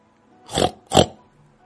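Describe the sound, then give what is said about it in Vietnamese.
A black pig squeals twice in quick succession, each cry a short, harsh, noisy burst of about a quarter second, loud and alone with no talking around it. “Tiếng heo kêu vẫn có thể nghe, có điều trên cặp răng nanh của nó đã lóe ra ánh sáng lạnh lẽo.”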